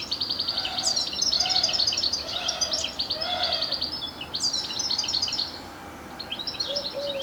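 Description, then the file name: European goldfinch song, a rapid twittering of high tinkling notes and short buzzy trills in bursts, with a few soft lower notes. "Carduelis carduelis"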